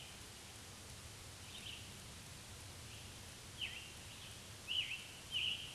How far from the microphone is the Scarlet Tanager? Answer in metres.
about 55 m